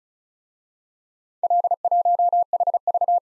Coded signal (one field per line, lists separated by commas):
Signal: Morse code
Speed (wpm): 34 wpm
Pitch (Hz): 700 Hz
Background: none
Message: L1HV